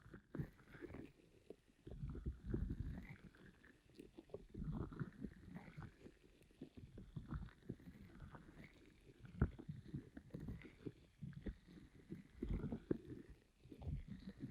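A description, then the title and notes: Ear massage with a pineapple: irregular rough scraping and rustling with soft thuds and sharp clicks, in uneven bursts every second or two. Ear Massage with Pineapple (No Talking).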